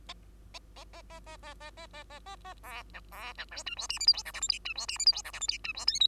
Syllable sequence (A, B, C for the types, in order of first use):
A A A A A A A A A A A A B C B C D E F G H I J K L M N E F G H I J K L M N E F O P